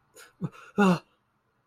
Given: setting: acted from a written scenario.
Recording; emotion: vocal sound without words; distress